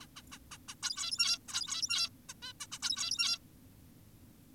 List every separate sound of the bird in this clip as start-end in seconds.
0.02-0.07, 0.16-0.22, 0.32-0.38, 0.52-0.58, 0.68-0.75, 0.83-1.38, 1.49-2.09, 2.29-2.34, 2.42-2.52, 2.60-2.67, 2.72-2.79, 2.83-3.38